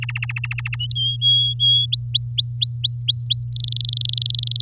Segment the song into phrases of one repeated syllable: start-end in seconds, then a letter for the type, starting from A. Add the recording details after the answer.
0.02-0.76 A, 0.95-1.86 B, 1.92-3.45 C, 3.52-4.61 D. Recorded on 9 May 2018 at 12:20. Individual llb16